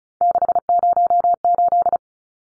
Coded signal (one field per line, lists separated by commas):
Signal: Morse code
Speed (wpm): 34 wpm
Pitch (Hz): 700 Hz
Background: none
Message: 608